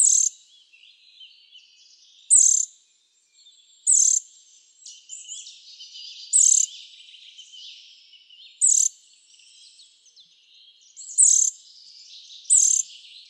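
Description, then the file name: Eurasian nuthatch calls: sharp, high, loud notes repeated at irregular intervals over softer background chirping. "Sitta europaea"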